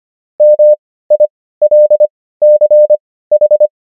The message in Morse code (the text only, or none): MILCH